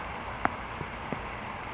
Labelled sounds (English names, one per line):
California Towhee